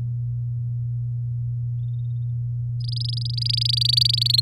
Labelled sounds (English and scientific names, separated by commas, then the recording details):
Domestic Canary (Serinus canaria) song
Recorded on 9 May 2018 at 07:22
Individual llb16